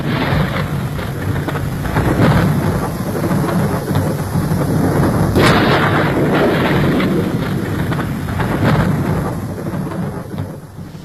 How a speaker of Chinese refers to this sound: 倾盆大雨冲刷了几分闷热，却冲刷不掉八零三的担忧